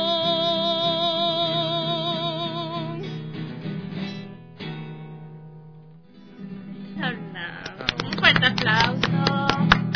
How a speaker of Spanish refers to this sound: Aplauso. Igual los aplausos llegan desde nuestra amiga que nos ayuda en cabina también.